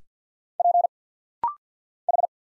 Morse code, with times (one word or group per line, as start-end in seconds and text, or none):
0.6-0.9 P
2.1-2.3 H